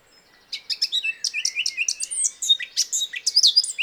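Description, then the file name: Eurasian blackcap song: after a short silence, a lively sequence of sharp notes and clear whistled slurs. "Sylvia atricapilla"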